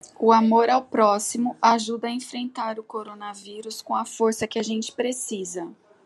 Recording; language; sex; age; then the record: spoken sentence; Brazilian Portuguese; female; 40 to 49 years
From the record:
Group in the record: control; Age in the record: 42 years